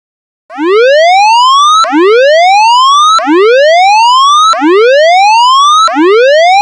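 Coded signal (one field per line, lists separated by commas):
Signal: siren signal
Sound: electronic siren repeating a rising whoop, about five sweeps, each roughly 1.4 seconds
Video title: Tsunami Siren Signal All Clear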